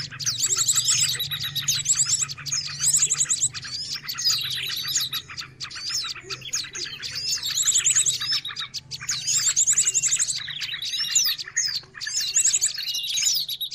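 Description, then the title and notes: Continuous bird chirping and twittering, high trills and sharp notes crowding together, with rattling bursts repeating and a low steady hum in the background. Noisy birds used to lure birds. "Burung Ribut Pikat"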